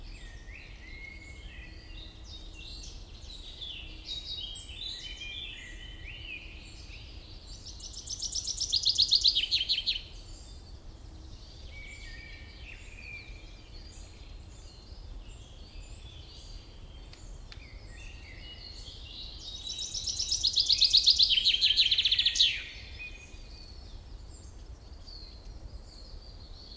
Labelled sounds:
Common Chaffinch (Fringilla coelebs) song

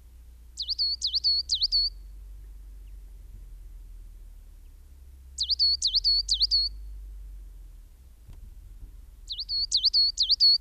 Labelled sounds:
Coal Tit (Periparus ater) song

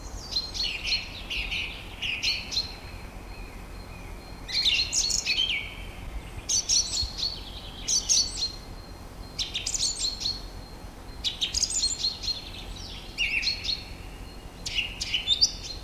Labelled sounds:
Song Thrush (Turdus philomelos) song

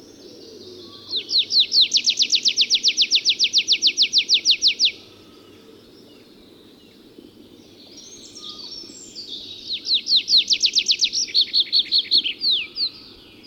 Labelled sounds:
Tree Pipit (Anthus trivialis) song

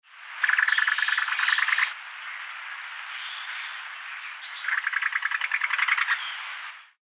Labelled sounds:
Spectacled Owl (Pulsatrix perspicillata)

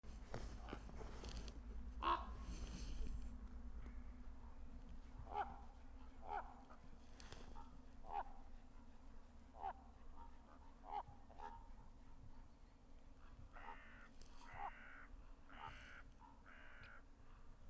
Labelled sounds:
Common Raven (Corvus corax) flight call, Carrion Crow (Corvus corone)

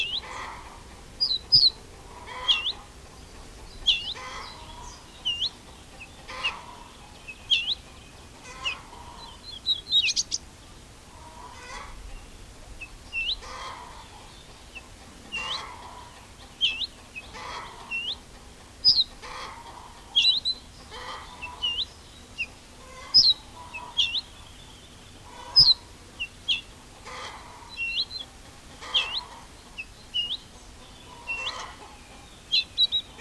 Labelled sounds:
Ortolan Bunting (Emberiza hortulana)

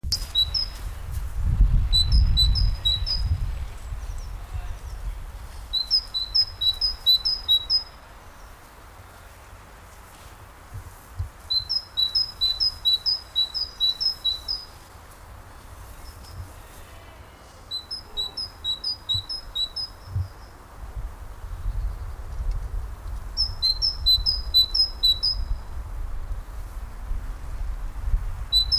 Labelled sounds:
Great Tit (Parus major)

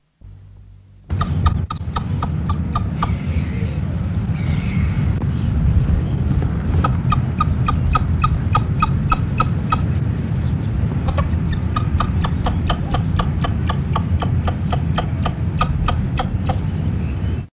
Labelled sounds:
Ocellated Turkey (Meleagris ocellata) call

